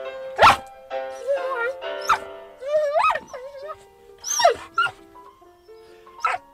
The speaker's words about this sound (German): Das ist ja wirklich zum Stein erweichen. Heult Ihr Hund bei anderer Musik auch so? Nein. Sonst macht die Musik gar nichts aus.